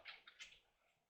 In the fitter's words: it'll click down like that.